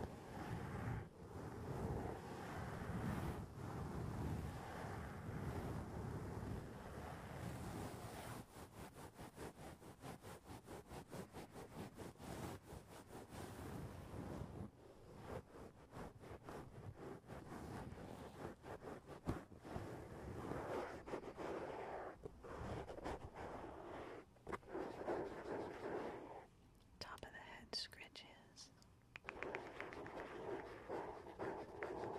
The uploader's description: tapping on the roof of your foam house